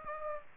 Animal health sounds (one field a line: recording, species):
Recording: mosquito wingbeat signal from an infrared sensor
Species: Aedes aegypti